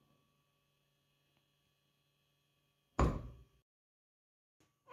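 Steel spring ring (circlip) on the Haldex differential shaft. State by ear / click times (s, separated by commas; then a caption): seated / 3.0 s. The steel spring ring (circlip) on the shaft of a Haldex differential from a Golf 4 / Bora / Audi TT / A3 4Motion, during a shaft seal replacement, is pressed together slowly under a lifting-platform arm. Against a low steady hum, a single sharp click at 3.0 s rings out briefly before fading to near silence, with faint soft sounds at the very end. The circlip snaps into its groove and the shaft assembly is seated.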